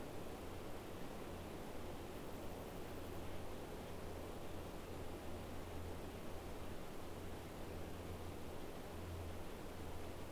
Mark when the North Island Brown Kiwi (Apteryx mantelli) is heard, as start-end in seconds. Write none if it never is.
none